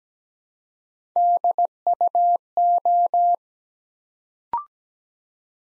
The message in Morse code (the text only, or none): DUO